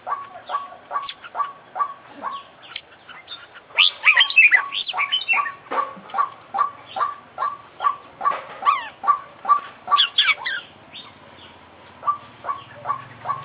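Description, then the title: Oriental magpie-robin song: long run of short, even notes repeated about twice a second, broken by bursts of squeaky, tumbling chirps, with the steady notes resuming. Indonesian songbird-hobby recording of an international champion contest bird, full 'isian' song repertoire, bird described as 'gacor' (singing actively). "Kicau Mania - Full Isian Juara Internasional Burung KACER Gacor"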